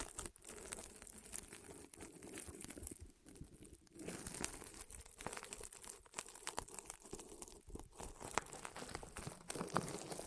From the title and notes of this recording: ASMR Rolling On Your Ears (No Talking).